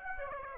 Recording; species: mosquito wingbeat signal from an infrared sensor; Aedes aegypti